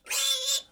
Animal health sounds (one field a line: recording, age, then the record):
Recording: pig call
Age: piglet (1 to 25 days)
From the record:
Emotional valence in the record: negative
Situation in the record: restrain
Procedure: back test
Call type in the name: high-frequency call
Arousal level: medium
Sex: female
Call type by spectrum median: high-frequency call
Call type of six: high-frequency stable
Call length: 0.72 s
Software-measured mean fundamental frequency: 270 Hz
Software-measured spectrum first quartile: 3414 Hz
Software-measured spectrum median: 5000 Hz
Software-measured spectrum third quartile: 7418 Hz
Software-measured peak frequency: 3524 Hz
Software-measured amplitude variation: 167 dB a second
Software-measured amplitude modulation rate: 19.5 a second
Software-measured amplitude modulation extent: 8.6 dB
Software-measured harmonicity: 4.2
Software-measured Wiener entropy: -1.88